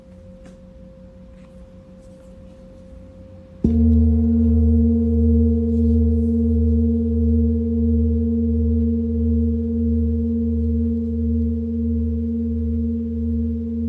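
A Tibetan singing bowl hums softly with a thin high tone and a low murmur for the first few seconds. Near four seconds it is struck or rubbed into a much louder, deep ringing drone with steady pulsing beats that sustains to the end.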